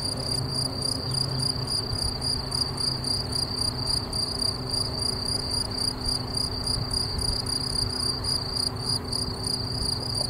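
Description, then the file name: Crickets keep up an unbroken, fast pulsing trill, high-pitched and regular, against a quiet low droning noise. Offered as a phone ringtone. "Swierszcze"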